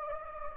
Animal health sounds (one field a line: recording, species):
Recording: mosquito wingbeat signal from an infrared sensor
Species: Anopheles gambiae